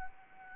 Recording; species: mosquito wingbeat signal from an infrared sensor; Anopheles gambiae